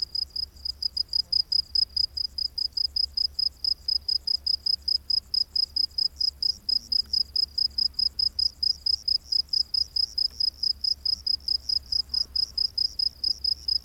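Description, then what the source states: Cricket chirps, high-pitched pulsed notes repeating rapidly and steadily, with soft background hum. Crickets recorded during the day.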